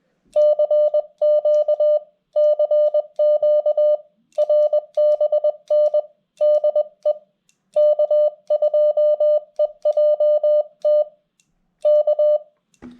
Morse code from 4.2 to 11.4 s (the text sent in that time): RBN DE K2EJT